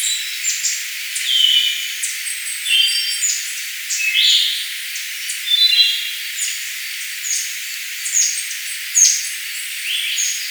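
Bird chirping with scattered high, thin notes and short twittering phrases, over a steady background hiss.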